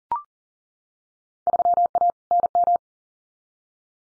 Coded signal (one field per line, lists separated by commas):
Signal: Morse code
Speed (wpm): 38 wpm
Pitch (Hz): 700 Hz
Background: none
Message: 3A NM